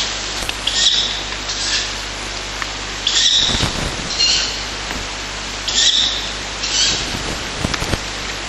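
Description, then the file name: Ural owl chicks giving harsh, hissing begging calls in drawn-out bursts at irregular intervals over a steady low hum. Owl chicks being fed by a parent. "フクロウ雛親より給餌 遠藤"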